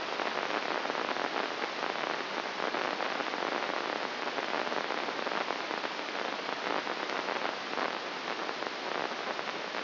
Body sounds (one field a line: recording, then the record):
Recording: brain microelectrode recording played as sound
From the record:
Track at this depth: inside the subthalamic nucleus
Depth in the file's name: 5.201 mm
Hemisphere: right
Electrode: 2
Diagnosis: Parkinson's disease